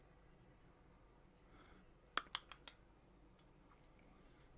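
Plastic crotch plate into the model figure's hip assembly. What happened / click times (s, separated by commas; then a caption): The plastic part snapped into place / 2.2 s, 2.3 s, 2.5 s, 2.7 s. A plastic crotch plate is clipped into the hip assembly of a Blokees Megatron model kit figure, giving a quick series of four sharp plastic clicks at 2.2, 2.4, 2.5 and 2.7 seconds against a quiet background. The solid clicks show the part has seated correctly.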